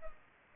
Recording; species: mosquito wingbeat signal from an infrared sensor; Culex pipiens